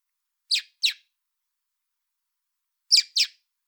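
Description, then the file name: Common blackbird calls: two short, sharp, high clicking notes, a pause of about two seconds, then two more matching notes, otherwise silent. "Turdus merula"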